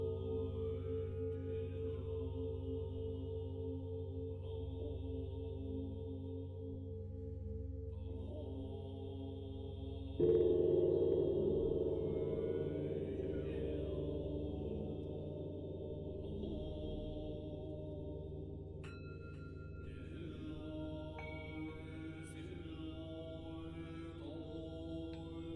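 Buddhist chanting with singing bowls: a deep, steady drone of voices and ringing tones sustains throughout. Near ten seconds a bowl is struck, adding a louder, shimmering ring that slowly fades, while faint higher tones flicker in and out later on.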